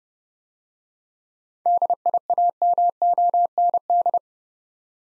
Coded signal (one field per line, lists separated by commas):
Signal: Morse code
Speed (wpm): 29 wpm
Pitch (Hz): 700 Hz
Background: none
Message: DIAMOND